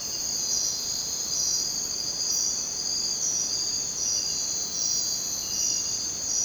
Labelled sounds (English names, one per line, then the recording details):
none
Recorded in dense forest near Puerto Asís, Putumayo, Colombia, on 22 June 2025 at 02:00
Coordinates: 0.484, -76.317
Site G045